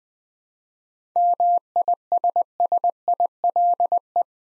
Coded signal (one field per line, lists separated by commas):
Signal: Morse code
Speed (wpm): 20 wpm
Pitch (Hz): 700 Hz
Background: none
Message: MISSILE